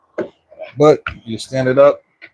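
Someone talks while a loose-tenon joinery machine is handled and stood upright to take its narrow-stock mortising attachment. Only speech is heard, with a short sharp sound near the end. Nothing has seated or clicked yet; the attachment is not yet home when the clip ends.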